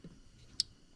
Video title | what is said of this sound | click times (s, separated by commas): SRT-4 wot box 2STEP plug and play install ..... | you'll hear a click | 0.6 s